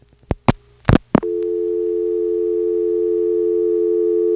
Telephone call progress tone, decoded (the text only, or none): dial tone